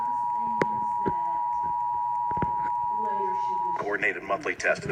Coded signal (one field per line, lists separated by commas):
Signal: Emergency Alert System (SAME) tones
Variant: 853 and 960 Hz attention tone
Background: speech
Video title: Required Monthly Test EAS #22